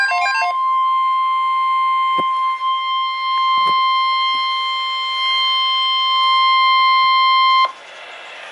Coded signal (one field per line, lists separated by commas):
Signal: Emergency Alert System (SAME) tones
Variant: 1050 Hz attention tone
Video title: NOAA Weather Radio EAS #173: Severe Thunderstorm Watch #634